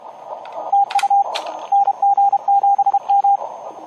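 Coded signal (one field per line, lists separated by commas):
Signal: Morse code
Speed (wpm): 31 wpm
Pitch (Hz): 810 Hz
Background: radio noise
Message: TU NG7M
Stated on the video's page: CW contest operation through a club's remote HF stations.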